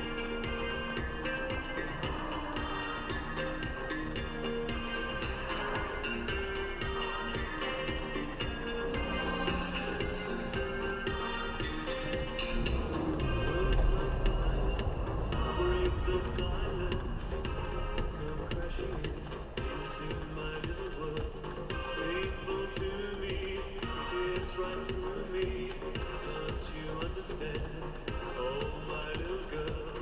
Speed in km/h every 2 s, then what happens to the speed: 0, 0, 0, 1, 0, 0, 0, 5, 9, 8, 1, 1, 0, 0, 0.
0-13 standing. 13-15 pulls away to 9. 17-20 slows to 1. 20-30 standing.